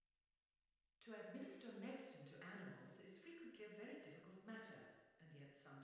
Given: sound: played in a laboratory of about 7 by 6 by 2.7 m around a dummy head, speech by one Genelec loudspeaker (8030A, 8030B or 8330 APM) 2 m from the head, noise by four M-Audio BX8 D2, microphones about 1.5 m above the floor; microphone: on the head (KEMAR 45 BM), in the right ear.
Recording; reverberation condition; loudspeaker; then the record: female speech in English; high; behind (180 degrees)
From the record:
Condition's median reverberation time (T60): about 1300 ms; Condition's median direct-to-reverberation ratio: about -4.0 dB